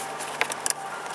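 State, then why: Seated. A plastic cabin filter cover is pushed back into its filter housing behind the glove box of a VW Atlas after a new cabin filter is inserted. Over a steady low background hiss, sharp plastic clicks ring out at 0.4 s and 0.7 s, with a softer tick at about 0.5 s. The cover clicks shut and is secure.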